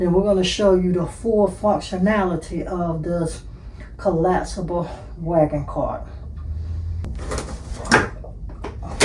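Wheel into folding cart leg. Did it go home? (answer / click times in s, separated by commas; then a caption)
no / none. Someone talks, then from about 7 s there is scraping and knocking as a wheel is pushed onto a leg of a VEVOR collapsible folding wagon cart with a metal frame and plastic wheel stems. The wheel is still being handled at the end, and nothing has seated or clicked into place yet.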